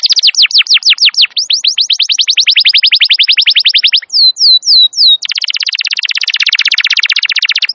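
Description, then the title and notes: Canary song in tours: fast repeated falling notes, a long even trill, a few high slurred whistles, then a dense rattling roll, loud and clear throughout. Canary song described as long and very vigorous, used as a lure and master recording suited for training wild canaries. "Pikat Kenari GACOR PANJANG INI Cocok Untuk Masteran KENARI LIAR. Masteran burung kenari gacor parah"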